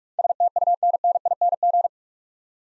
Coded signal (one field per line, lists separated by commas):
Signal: Morse code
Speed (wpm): 44 wpm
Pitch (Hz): 700 Hz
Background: none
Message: STUNNING